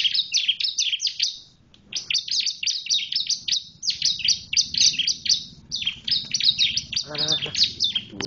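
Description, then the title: Bar-winged prinia song of rapid, piercing, down-slurred chirps in repeated runs separated by short pauses, over a faint low background hum. "Suara Burung Ciblek"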